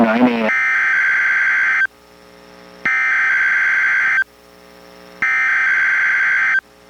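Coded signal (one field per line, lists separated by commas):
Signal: Emergency Alert System (SAME) tones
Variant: header bursts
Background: speech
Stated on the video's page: NOAA Weather Radio weekly test from the Astoria station, received on a Reecom R-1630 weather radio and recorded with a Zoom H1.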